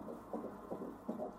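Fetal heartbeat heard by ultrasound Doppler during the first official ultrasound scan, played by the gynecologist.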